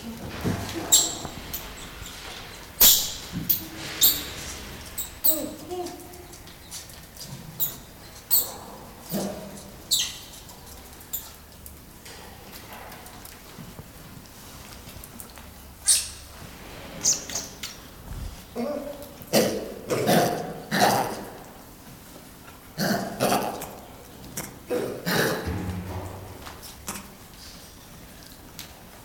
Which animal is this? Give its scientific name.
Macaca silenus